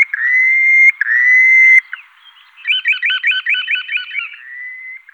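Purple sandpiper giving two long, steady, slightly rising whistles, then a fast series of repeated chirping trill notes ending in a softer drawn-out whistle.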